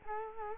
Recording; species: mosquito wingbeat signal from an infrared sensor; Culex quinquefasciatus